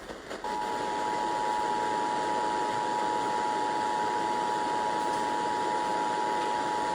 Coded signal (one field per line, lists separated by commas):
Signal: Emergency Alert System (SAME) tones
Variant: 853 and 960 Hz attention tone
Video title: Riverside CAE on KGGI FM (EAS #65)